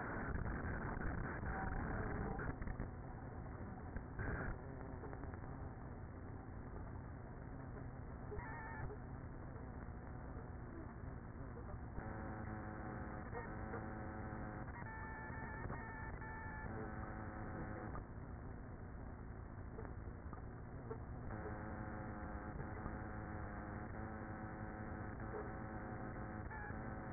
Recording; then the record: honeybee colony, microphone inside the hive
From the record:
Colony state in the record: queenless with a low population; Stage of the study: after two queens were removed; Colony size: about 30,000 bees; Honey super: no